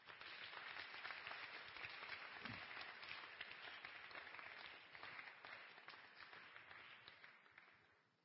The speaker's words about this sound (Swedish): Det är inte varje dag vi har någon som spelar drama i våran församling, i våran kyrka. Så att det var extra roligt att få vara med om det idag. Och Gud välsigna verkligen. Känna att det är uppskattat. Ska vi ge dem en stor applåd till?